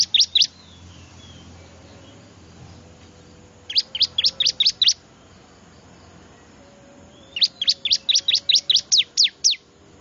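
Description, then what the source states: Bar-winged prinia calling in three bursts of rapid, sharp, high chip notes, with faint whistles between. Noisy small-bird lure sound to attract wild birds; ciblek.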